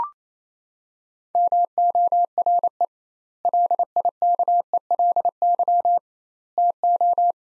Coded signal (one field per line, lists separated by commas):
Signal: Morse code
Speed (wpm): 28 wpm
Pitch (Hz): 700 Hz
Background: none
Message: MORE LIKELY TO